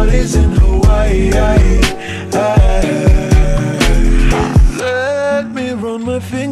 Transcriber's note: slowed